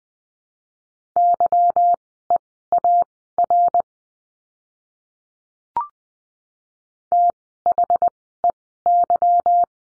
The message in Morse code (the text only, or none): YEAR THEY